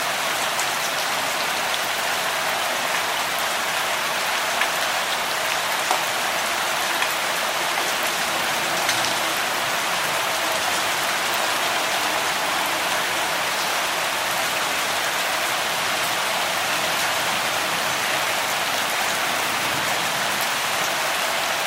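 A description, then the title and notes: Light rain patters steadily on a roof and windows, a dense, even hiss of countless small drops with occasional sharper taps standing out. The level stays constant throughout, bright and airy with little low rumble beneath. Light Rain. Listening to the gentle pitter-patter of raindrops on the roof and windows.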